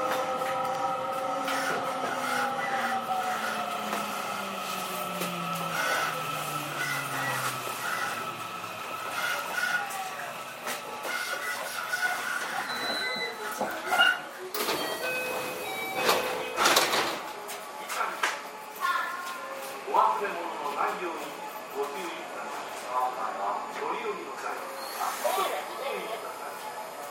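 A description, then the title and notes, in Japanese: A JR 207 series train running between Kyobashi and Takarazuka, opening with steady motor whines and tones that slide downward over the first eight seconds. Later the sound turns busier, with clanks, sharp bursts around sixteen seconds, and scattered voices under the rumble. JR207系 京橋〜宝塚。JR東西線、宝塚線の区間で録音しました。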